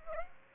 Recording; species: mosquito wingbeat signal from an infrared sensor; Aedes aegypti